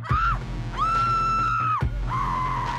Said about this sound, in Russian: А из темноты снова донеслись крики. И теперь стало ясно. Не приснилось. Орала женщина.